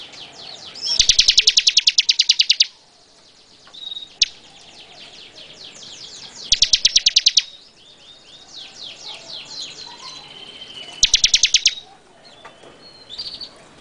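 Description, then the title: Bar-winged prinia song: three bursts of fast, stuttering high notes, several seconds apart, with squeaky twittering phrases filling the gaps. "Suara Burung Ciblek"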